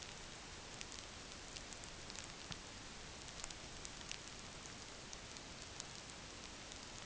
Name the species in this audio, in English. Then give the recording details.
none. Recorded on Arctic tundra, site NAIT-1, on 27 June 2019. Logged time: 20:00